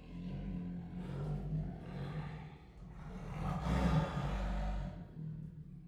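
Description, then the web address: Siberian tiger growling in a long, deep, rough rumble that swells and then eases off over several seconds. Two sister females kept at Miskolc Zoo, recorded in 2018. "allathangok miskolcizoo 2018 sziberiai tigris ketnostenytestver miskolczoo"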